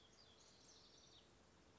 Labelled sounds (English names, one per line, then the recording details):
House Wren
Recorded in Sonoma County, California